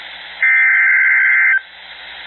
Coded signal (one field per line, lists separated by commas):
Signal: Emergency Alert System (SAME) tones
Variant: header bursts